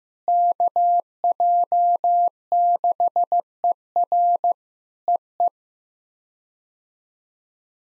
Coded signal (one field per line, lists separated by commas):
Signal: Morse code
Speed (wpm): 14 wpm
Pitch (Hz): 700 Hz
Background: none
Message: KJ6ER EE